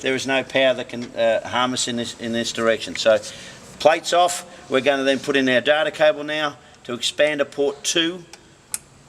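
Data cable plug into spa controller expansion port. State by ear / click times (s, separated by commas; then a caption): seated / 8.7 s. A data cable plug is pushed into the expansion port on a spa control box with the cover plate off while someone talks. The plug clicks into place at 8.7 s, seated.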